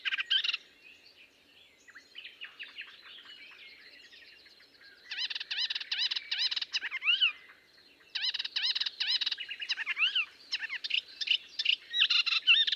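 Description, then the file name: Melodious warbler song: bursts of quick chattering phrases mixed with clear rising and falling whistles, separated by quieter pauses. "British Library - Melodious Warbler Hippolais polyglotta"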